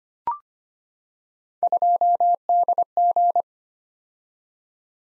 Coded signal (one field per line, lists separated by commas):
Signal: Morse code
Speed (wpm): 25 wpm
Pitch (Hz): 700 Hz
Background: none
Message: 2DG